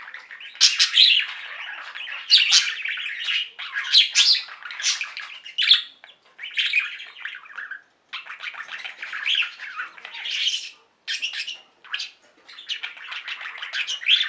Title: Budgie Sounds